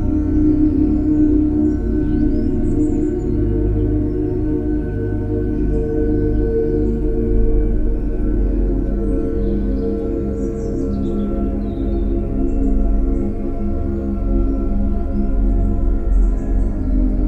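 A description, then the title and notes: Music with forest sounds: steady, sustained low ringing tones like singing bowls hum throughout, with faint, occasional bird-like chirps high above. 432 Hz relaxing music with forest sounds.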